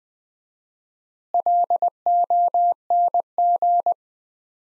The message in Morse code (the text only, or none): LONG